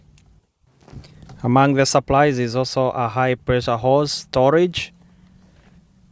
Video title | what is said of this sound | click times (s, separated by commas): GREENWORKS 1700 psi Super Clean Your Car - DELIVERS SATISFYING RESULT | And all you need is slide it down there. It's gonna click in place. That's the gun holder. | 0.2 s